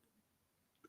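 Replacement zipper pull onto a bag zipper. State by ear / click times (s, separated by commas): seated / 0.8 s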